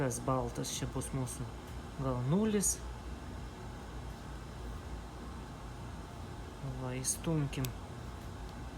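A white neutral wire is lined up with a switch terminal during a modification of an AEG range hood, ready to be pushed in. Someone talks over a steady low background hum. Nothing has seated or clicked yet.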